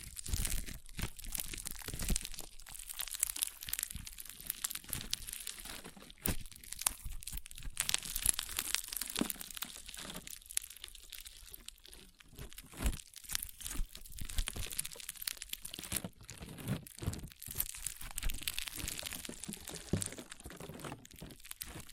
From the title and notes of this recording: ASMR Satisfying Crunchy Slime (No Talking).